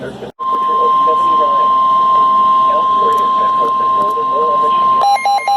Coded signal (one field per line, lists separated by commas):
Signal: Emergency Alert System (SAME) tones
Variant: 1050 Hz attention tone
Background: speech